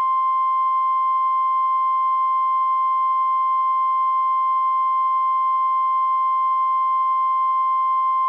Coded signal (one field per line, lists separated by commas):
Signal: Emergency Alert System (SAME) tones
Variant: 1050 Hz attention tone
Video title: Refinery Fire - EAS Mock